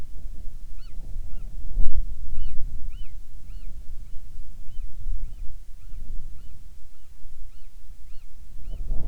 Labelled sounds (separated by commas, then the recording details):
bird, wind
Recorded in the Prudhoe Bay oil fields, Alaska, on 10 July 2019 at 14:45
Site 14